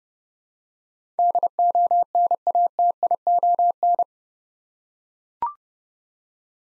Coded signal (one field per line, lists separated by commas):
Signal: Morse code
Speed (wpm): 30 wpm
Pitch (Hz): 700 Hz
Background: none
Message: DONATION